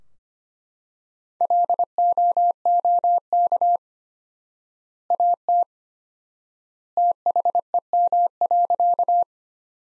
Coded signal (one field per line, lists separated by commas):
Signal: Morse code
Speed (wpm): 25 wpm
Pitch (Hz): 700 Hz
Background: none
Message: LOOK AT THEM.